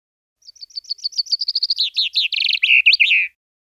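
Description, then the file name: Common chaffinch song, a descending cascade of rapid chipping notes that quickens into a trill and closes with a brief twisting flourish. "Bofink"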